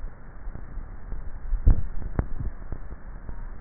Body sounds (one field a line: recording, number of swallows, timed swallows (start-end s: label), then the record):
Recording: swallowing sounds by neck microphone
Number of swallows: 1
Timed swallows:
1.62-2.48 s: swallow
From the record:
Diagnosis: dysphagia